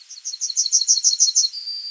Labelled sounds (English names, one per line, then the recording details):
Yellowhammer song
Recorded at under 5 m from the bird
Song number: 035